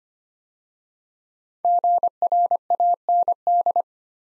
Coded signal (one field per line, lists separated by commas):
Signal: Morse code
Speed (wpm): 25 wpm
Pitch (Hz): 700 Hz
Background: none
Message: GRAND